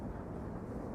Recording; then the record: background sound without coughing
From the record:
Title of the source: Train Ride Ambience ambient white noise for sleeping, focus, studying, reading